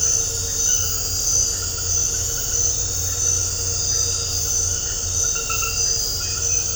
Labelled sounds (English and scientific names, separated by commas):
none